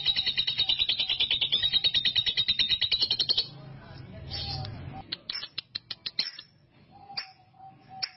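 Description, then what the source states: Canary song: a rapid high rolling trill for about three seconds, followed by sharp clicks and brief chipping notes with short pauses. Master song used for training canaries.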